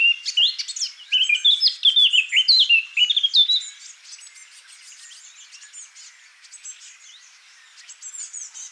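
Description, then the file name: Eurasian blackcap song opening with loud, quick fluted warbling and descending whistles, fading after three seconds into soft high chattering notes. "Sylvia atricapilla"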